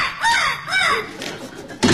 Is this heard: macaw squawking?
yes